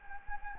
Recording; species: mosquito wingbeat signal from an infrared sensor; Anopheles gambiae